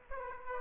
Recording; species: mosquito wingbeat signal from an infrared sensor; Aedes aegypti